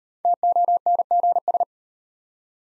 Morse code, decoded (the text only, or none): TONGS